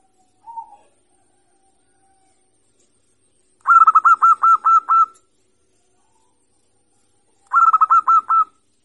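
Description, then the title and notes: Zebra dove song: a single soft coo, then two separate bursts of fast, staccato, bell-like cooing notes divided by a couple of seconds of quiet. Local bird singing actively (gacor), with a loud, crystal-clear voice. "PERKUTUT LOKAL GACOR Suara KRISTAL LANTANG. Kicau Burung Perkutut"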